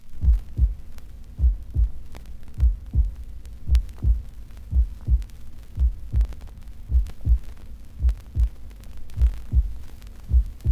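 Human heartbeats, slow and steady at about 55 beats per minute, each beat a paired lub-dub thump, over a faint low hum.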